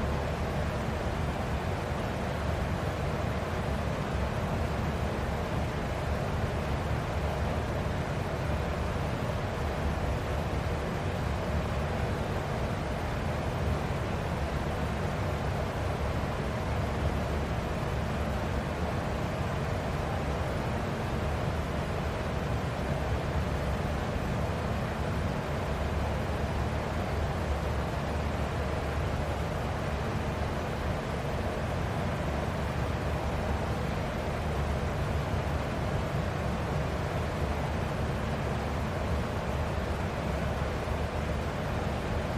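A fan runs with a steady, unchanging whir for the whole clip, thick and full from a low rumble up through a soft hiss. A faint hum sits in the low end, and the level never rises or falls, with no separate events.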